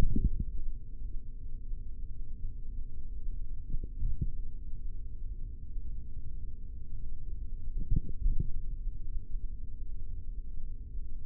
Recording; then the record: forearm muscle sounds (acoustic myography)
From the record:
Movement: tripod grip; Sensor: system 3, bracelet of six PUI Audio POM-2738L microphones around the upper forearm, with dedicated amplification and filtering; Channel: 4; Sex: male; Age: 43 years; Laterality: right